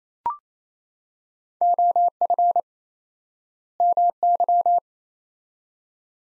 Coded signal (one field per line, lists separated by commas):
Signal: Morse code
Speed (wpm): 28 wpm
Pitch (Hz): 700 Hz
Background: none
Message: OF MY